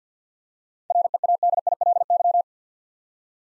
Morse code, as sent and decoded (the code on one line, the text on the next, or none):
.-. . .- -.. .. .-.. -.--
READILY